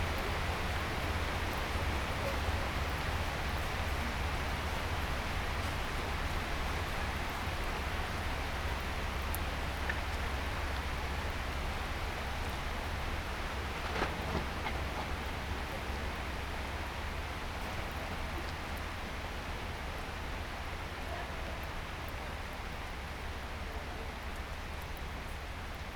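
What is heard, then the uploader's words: A field recording from Japan made up of a steady, dense hiss much like falling rain, with a constant low rumble underneath. The level hardly changes over the whole span. A few faint clicks and ticks stand out, around 9 and 14 seconds. Field recordings I made in Japan.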